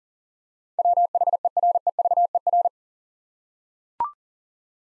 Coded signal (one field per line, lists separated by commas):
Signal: Morse code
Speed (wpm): 40 wpm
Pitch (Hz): 700 Hz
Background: none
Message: WHEREVER